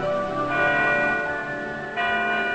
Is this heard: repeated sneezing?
no